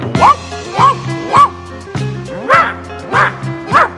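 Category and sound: animal, dogs barking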